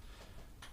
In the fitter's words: есть зафиксировался достаточно четко